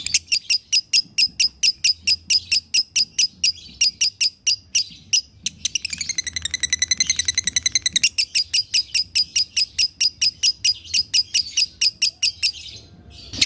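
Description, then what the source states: Lovebird chattering, rapid high chirps with a long rattling trill in the middle, then more fast chirps. Used as a masteran (tutor recording) to make lovebirds sing konslet.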